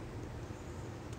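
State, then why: Not seated. A shotgun action is being closed, working the ejector spring and sear in the fore-end ejector mechanism, where the centre arm compresses the ejector main spring. Only a steady low rumble with a brief faint hiss near 1.1 seconds is heard. Nothing has seated or clicked yet.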